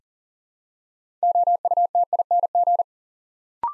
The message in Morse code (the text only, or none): OUTING